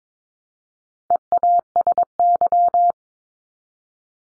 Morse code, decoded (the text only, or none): EASY